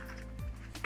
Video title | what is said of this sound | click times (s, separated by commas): AIRFIX - Fairey Gannet AS.1/AS.4 1:48 Scale (A11007) Designer interview! | and it actually does like have a very satisfying click as well | 0.8 s